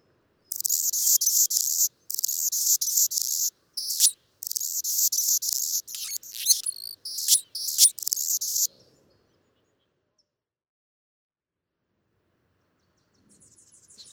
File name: Anna's Hummingbird